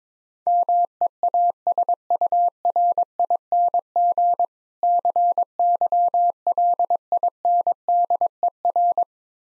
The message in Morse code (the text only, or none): MEASURING CYLINDER